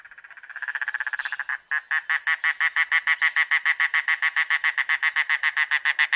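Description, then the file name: Mangrove Cuckoo song, a rapid nasal chatter that swells, breaks briefly, then carries on as steady, evenly spaced guttural notes. "canto do papa lagarta do mangue"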